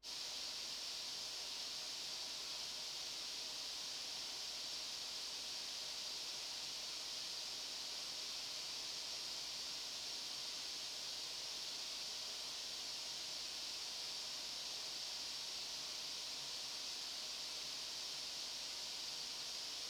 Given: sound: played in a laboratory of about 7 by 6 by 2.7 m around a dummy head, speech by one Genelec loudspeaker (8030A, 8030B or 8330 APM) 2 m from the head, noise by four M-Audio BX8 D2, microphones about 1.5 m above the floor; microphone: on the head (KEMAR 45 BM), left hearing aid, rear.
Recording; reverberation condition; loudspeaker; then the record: white noise; medium; four, about 170 cm from the corners of the room and facing them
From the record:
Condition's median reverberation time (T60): about 510 ms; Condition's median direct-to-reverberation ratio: about -0.5 dB